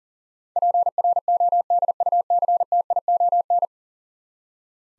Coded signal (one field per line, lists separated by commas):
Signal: Morse code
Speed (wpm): 37 wpm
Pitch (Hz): 700 Hz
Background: none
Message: PRODUCTION